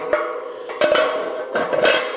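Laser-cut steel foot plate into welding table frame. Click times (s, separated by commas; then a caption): 0.1 s, 0.8 s, 1.6 s. Laser-cut steel sheet foot plates for a welding table are pushed into their slots on the steel table frame. They clip in with sharp metallic knocks at 0.1, 0.8 and 1.6 seconds over a ringing metallic background. The plates seat properly in place.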